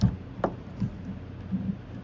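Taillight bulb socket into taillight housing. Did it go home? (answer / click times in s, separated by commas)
no / none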